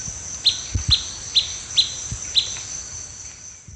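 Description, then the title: Blackish pewee uttering five quick, bright pip notes roughly twice a second, with a high insect drone behind and a few soft low thumps. Subspecies canescens. "LuckyPassaro Completos2Sama. Blackish Pewee"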